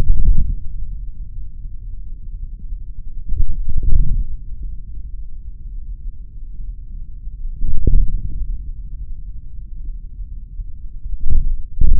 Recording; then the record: forearm muscle sounds (acoustic myography)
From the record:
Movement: hand closing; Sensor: system 3, bracelet of six PUI Audio POM-2738L microphones around the upper forearm, with dedicated amplification and filtering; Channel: 4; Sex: male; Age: 26 years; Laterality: right